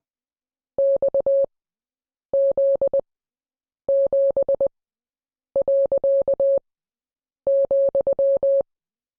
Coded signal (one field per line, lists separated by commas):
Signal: Morse code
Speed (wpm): 20 wpm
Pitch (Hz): 550 Hz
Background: none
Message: XZ7.,